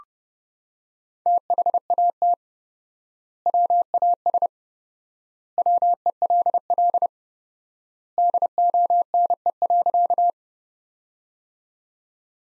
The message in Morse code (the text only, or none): THAT WAS WELL DONE.